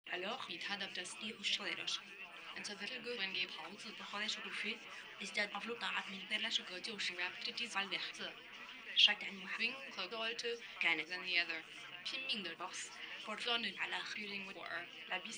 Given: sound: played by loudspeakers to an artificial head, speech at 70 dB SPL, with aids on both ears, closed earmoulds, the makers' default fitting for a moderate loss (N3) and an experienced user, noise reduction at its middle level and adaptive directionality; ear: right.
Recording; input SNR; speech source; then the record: speech test signal (ISTS) in cocktail-party noise; +6 dB; in front (0 degrees)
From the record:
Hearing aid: class 2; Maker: F